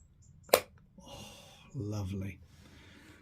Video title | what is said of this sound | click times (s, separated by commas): Finding French antiques in Normandy and a visit to Pontmain. | let's try that again another click oh | 0.5 s